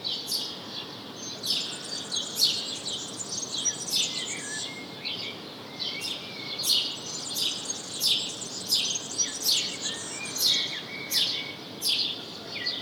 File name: Passer domesticus